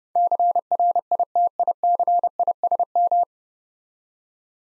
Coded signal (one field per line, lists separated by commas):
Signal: Morse code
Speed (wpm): 28 wpm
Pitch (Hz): 700 Hz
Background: none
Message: CRITICISM